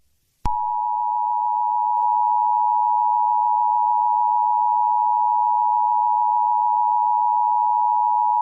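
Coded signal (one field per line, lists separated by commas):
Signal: Emergency Alert System (SAME) tones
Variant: 853 and 960 Hz attention tone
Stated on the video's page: Fictional EAS scenario, horror-themed, based on The Monument Mythos.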